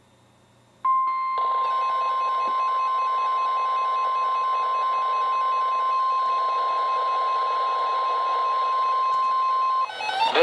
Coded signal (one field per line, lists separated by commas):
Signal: Emergency Alert System (SAME) tones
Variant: 1050 Hz attention tone